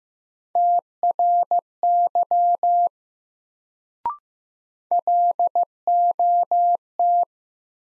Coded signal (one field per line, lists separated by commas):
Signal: Morse code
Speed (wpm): 15 wpm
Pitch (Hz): 700 Hz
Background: none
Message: TRY LOT